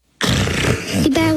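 One loud, rough, rumbling snore lasting about a second from an adult, loud enough to be heard down the street; the heavy snoring of sleep apnea, in which loud snoring comes with repeatedly stopping breathing during sleep, all night, every night.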